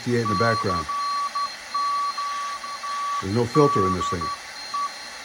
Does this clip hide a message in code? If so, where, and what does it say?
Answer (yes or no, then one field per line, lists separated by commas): yes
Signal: Morse code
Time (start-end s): 0.3-4.9 s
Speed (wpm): 12 wpm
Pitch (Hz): 1160 Hz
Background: speech, radio noise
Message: CM TDE